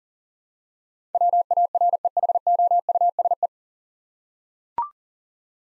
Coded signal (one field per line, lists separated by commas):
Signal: Morse code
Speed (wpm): 37 wpm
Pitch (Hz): 700 Hz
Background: none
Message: WAREHOUSE